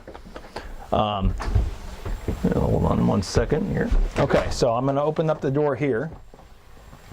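A shower door latch in the bathroom of a 2016 Leisure Travel Vans Unity U24IB RV is handled as the shower door is opened so it can lock into place in its open position. Someone talks throughout, with a few short taps near the start at about 0.1, 0.2, 0.4 and 0.6 seconds. The clip ends before the door latches, so nothing has clicked or locked into place yet.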